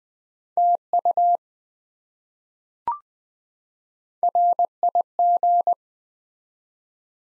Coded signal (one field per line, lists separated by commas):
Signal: Morse code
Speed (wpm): 20 wpm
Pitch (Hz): 700 Hz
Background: none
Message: TU RIG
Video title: Top 20 QSO Elements 20wpm